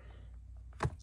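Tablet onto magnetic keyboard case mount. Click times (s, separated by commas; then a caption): 0.8 s. An iPad 10th generation tablet is set onto the magnetic mount of a typecase Edge keyboard case and slid up until it clicks into place. After a quiet lead-in with a faint tick at 0.7 s, a sharp, loud snap lands at 0.8 s, possibly the strong magnet grabbing the tablet rather than the final click, followed by a soft tick near 1.0 s. The tablet is seated on the keyboard case.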